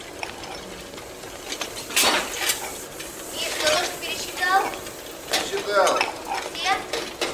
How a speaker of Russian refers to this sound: На кухне столовой перемывает посуду.